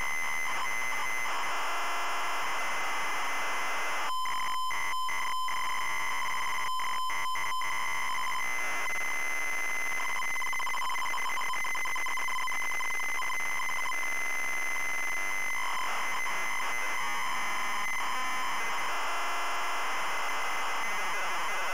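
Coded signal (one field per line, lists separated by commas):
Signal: ZX Spectrum tape loading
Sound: harsh buzzing tape data with short bursts of a steady square-wave tone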